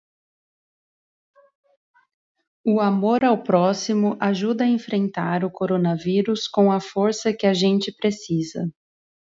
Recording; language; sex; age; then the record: spoken sentence; Brazilian Portuguese; female; 20 to 29 years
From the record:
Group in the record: control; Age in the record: 27 years